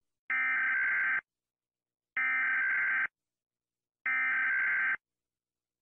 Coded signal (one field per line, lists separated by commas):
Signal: Emergency Alert System (SAME) tones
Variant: header bursts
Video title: rating national eas sounds by how terrifying they are because it's quality & original content